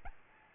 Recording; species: mosquito wingbeat signal from an infrared sensor; Aedes albopictus